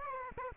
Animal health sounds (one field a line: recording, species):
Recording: mosquito wingbeat signal from an infrared sensor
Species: Aedes aegypti